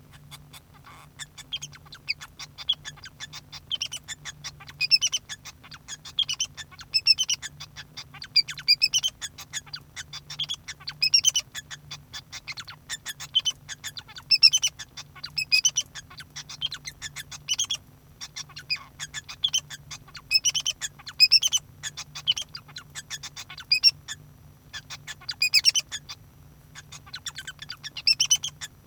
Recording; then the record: song of a male Bengalese finch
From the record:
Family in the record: son of father 2